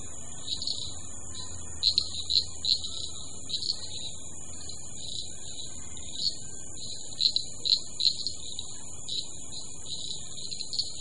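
Common shrub frog chirping in a loose series of short, clicky notes, some louder ones in quick pairs, with a steady high hiss throughout.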